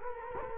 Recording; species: mosquito wingbeat signal from an infrared sensor; Culex quinquefasciatus